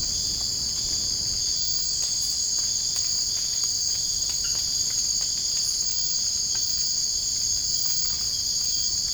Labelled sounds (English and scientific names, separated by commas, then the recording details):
none
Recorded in dense forest near Puerto Asís, Putumayo, Colombia, on 27 June 2025 at 02:30
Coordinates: 0.481, -76.323
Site G072